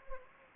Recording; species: mosquito wingbeat signal from an infrared sensor; Anopheles gambiae